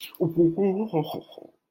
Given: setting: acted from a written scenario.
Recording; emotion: vocal sound without words; pride